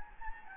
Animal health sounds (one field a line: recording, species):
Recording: mosquito wingbeat signal from an infrared sensor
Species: Anopheles gambiae